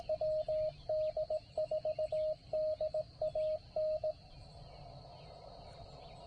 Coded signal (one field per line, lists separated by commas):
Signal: Morse code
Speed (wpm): 17 wpm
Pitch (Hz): 620 Hz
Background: radio noise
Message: WD4DAN